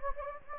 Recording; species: mosquito wingbeat signal from an infrared sensor; Anopheles gambiae